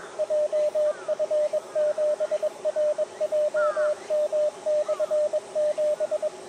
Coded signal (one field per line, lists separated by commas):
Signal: Morse code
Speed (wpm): 24 wpm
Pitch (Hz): 600 Hz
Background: none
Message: JF7RJM/7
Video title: 秋の気配？ CQ POTA 公園から初心者CW 移動運用 18WPM まだまだ暑い 日中コンディション回復？ JA-1229 砧公園 2023/09/10 アマチュア無線 VLOG 319